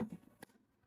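The plastic container of a frozen drink machine is deliberately set onto its base without being pushed fully home, making a low knock at 0.0 s and a short, sharp click at 0.4 s. The container is not seated: the seal is not pushed all the way, the black button is still out and a lip is visible.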